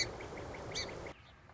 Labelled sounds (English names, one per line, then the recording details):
Song Sparrow
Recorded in Sonoma County, California